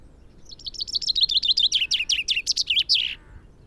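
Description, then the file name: Common chaffinch song, a fast run of downward-slurred notes that shifts into louder phrases and finishes with an abrupt flourish. "Fringilla coelebs"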